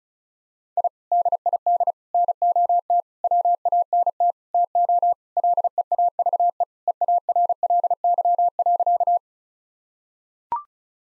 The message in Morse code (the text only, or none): I DID NOT WANT TO LEAVE EARLY.